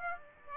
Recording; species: mosquito wingbeat signal from an infrared sensor; Aedes aegypti